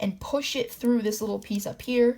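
The head of the hound figure is being pushed through a small plastic piece on the upper part of a transforming Bakugan Maxus Dragonoid toy while someone talks throughout. The head has not locked into place yet, and nothing has seated or clicked by the end of the clip.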